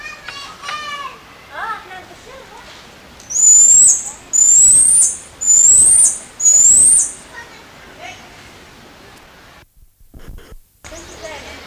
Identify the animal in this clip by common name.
White-headed Marmoset